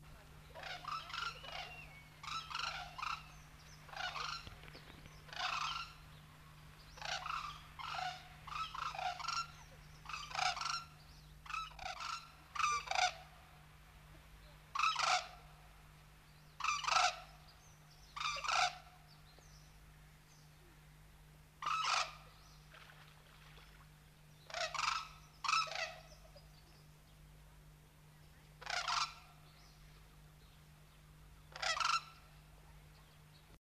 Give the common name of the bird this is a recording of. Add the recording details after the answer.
White-naped Crane. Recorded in captivity. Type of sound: call. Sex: pair. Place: Vogelpark Walsrode, Niedersachsen, DE. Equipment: Halbspur, 9,5 cm/s. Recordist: Lütgens, Hans. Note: Vogelpark Walsrode, April 1979